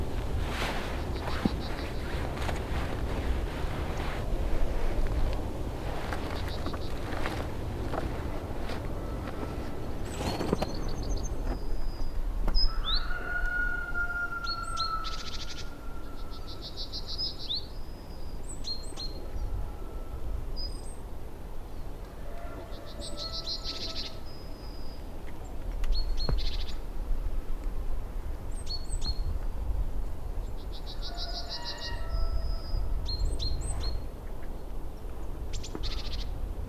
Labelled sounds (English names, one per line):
Yellowhammer